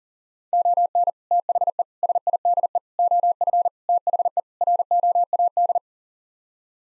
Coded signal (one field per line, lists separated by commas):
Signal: Morse code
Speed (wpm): 37 wpm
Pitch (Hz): 700 Hz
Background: none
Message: ON THE SIDE OF THE ROAD